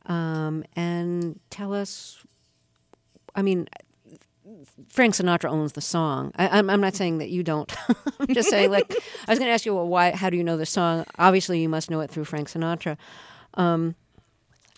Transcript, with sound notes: And tell us - I mean, Frank Sinatra owns the song. I'm not saying that you don't.
(LAUGHTER)
I'm just saying, like - I was going to ask you why - how you know the song. Obviously, you must know it through Frank Sinatra.